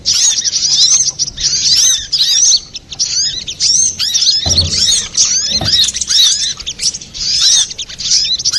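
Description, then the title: Little spiderhunter song: sharp, high twittering phrases tumbling quickly, briefly easing before resuming, with two low bumps in the background. Master recording used for training cage birds. "Sogok Ontong Labaik"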